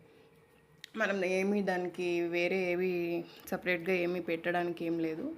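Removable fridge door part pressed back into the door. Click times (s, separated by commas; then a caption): 0.8 s. A removable fridge door part, earlier opened by pulling it from each edge, is pressed back into the fridge door the same way to refit it. A single sharp click at 0.8 s shows it locking into place, and then someone talks.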